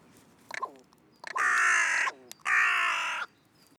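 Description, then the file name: Carrion crow cawing: a short broken call, then two long, harsh, grating caws of almost a second each, the second after a brief pause, in an otherwise quiet setting. "Corvus corone"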